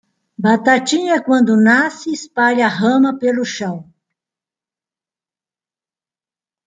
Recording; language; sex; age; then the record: short text; Brazilian Portuguese; female; 50 to 59 years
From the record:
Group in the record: control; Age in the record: 58 years